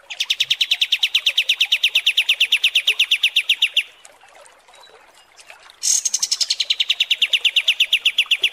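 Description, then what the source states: Pied triller song: a long rapid trill of bright notes for nearly four seconds, a quiet pause, then a high burst leading into another fast trill. Masteran (song-training) recording of kapas tembak song, described as mewah.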